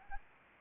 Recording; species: mosquito wingbeat signal from an infrared sensor; Anopheles arabiensis